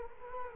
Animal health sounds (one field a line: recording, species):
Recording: mosquito wingbeat signal from an infrared sensor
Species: Culex quinquefasciatus